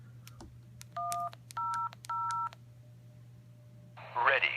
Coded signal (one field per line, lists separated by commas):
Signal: DTMF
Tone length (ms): 330 ms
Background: speech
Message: 100